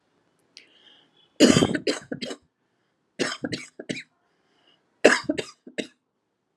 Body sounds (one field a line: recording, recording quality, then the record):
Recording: heavy voluntary cough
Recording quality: excellent, no background noise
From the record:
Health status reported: COVID-19 positive, mild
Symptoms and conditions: cough, fever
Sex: female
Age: 50 years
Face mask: not worn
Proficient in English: yes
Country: India